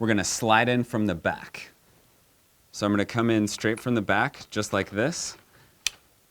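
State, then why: Seated. A camera's quick-release plate is slid straight in from the back onto the mount of a Miller tripod head while someone talks. A sharp click is heard at 5.9 s as the plate latches and seats in the head.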